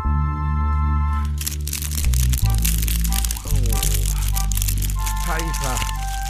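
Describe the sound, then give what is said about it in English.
Crispy paper being screwed up in a hand crunches and crinkles in a steady stream of crackling bursts, heard over a loud, sustained low humming tone that shifts and glides in pitch. “Oh, that's how I like it. Crispy paper.”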